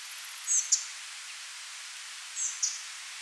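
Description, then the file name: Spotted flycatcher uttering two thin, high squeaky notes with a clipped tick after each, about two seconds apart, against a soft steady hiss. "Pigliamosche"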